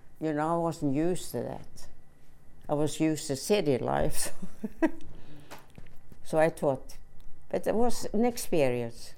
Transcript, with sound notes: you know, wasn't used to that. I was used to city life. (she laughs) So I thought, but it was an experience.